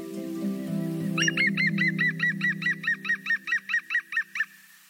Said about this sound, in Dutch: Maar de groene specht die ik vlakbij hoor lachen heeft er vast ook wel wat verschooid.